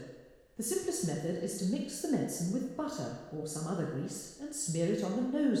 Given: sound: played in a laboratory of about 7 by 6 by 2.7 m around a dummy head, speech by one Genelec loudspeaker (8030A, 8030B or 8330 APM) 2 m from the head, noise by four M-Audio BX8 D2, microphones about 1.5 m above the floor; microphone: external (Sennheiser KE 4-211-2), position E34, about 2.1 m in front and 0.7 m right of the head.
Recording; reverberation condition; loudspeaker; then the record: female speech in English; high; 30 degrees to the right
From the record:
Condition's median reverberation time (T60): about 1300 ms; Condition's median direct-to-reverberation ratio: about -4.0 dB